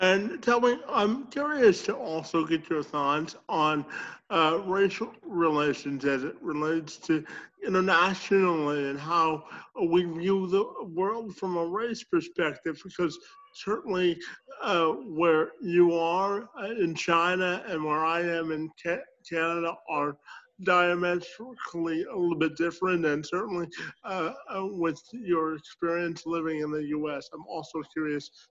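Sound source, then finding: Adult male speaker. Ordinary speech.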